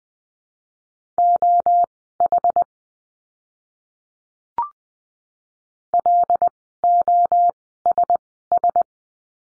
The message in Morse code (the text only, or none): OH LOSS